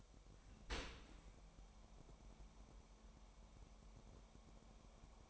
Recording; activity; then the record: daily activity, microphone in the room; open dishwasher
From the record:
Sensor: 1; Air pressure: 998.3 hPa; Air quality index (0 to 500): 139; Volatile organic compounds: 4 ppm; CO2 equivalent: 1663 ppm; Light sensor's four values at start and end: 16/55/22/22 and 16/55/22/22